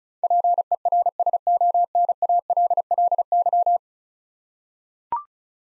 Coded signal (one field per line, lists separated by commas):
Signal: Morse code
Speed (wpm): 36 wpm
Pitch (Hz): 700 Hz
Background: none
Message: PERSONALLY